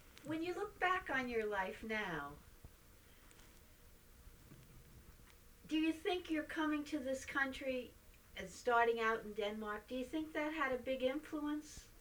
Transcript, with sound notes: when you look back on your life now, [pause] do you think your coming to this country, starting out in Denmark, do you think that had a big influence